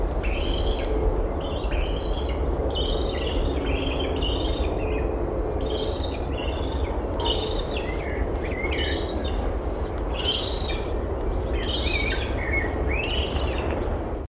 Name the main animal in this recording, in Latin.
Threskiornis melanocephalus